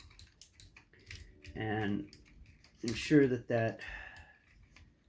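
Someone handles the plastic truck cab section of the Long Haul and Hook parts, pressing it toward its mating position while combining a Devastator combiner toy figure. Light plastic clicks and taps are heard around 0.2, 0.4, 0.6, 0.8 and 1.1 seconds, and again near 4.8 seconds, while someone talks. The cab has not seated or clicked into place yet.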